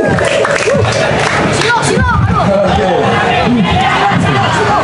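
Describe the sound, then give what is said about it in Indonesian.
A standing crowd in a hot spot applauds loudly and steadily, with cheering and excited shouts rising over the dense, continuous clapping for the full few seconds. “Tepuk tangan sekali lagi yang paling meriah buat kalian yang sudah berdiri di sini.”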